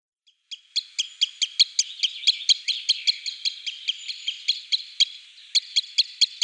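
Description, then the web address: Green sandpiper giving sharp, clicking tick notes in a quick, fairly regular series, with a short gap before the last few. "Schulze Peter Green Sandpiper calls"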